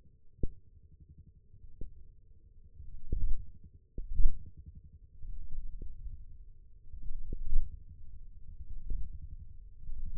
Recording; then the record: forearm muscle sounds (acoustic myography)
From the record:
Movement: thumb flexion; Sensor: system 1, eight BSWA MPA416 microphones around the upper forearm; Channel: 8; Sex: male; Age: 20 years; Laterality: left